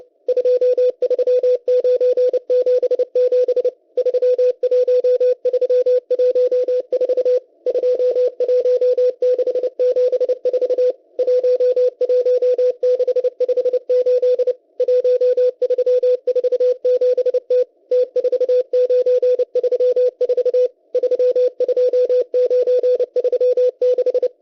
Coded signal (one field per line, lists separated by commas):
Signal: Morse code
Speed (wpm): 29 wpm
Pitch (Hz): 500 Hz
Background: radio noise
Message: 23977 31314 21674 11658 1347T T4934 32936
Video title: M12 Morse Code Numbers 25/04/2024 2020 UTC 11139kHz